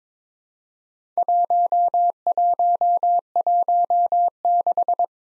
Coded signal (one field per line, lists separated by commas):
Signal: Morse code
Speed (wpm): 22 wpm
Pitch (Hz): 700 Hz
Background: none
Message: 1116